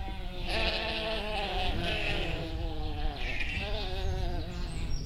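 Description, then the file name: Sheep bleating, quavering calls through most, with constant low rumble underneath. "schafe"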